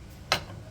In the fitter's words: ada bunyi klik dan bisa kebuka ya 170nm Berarti benar Nah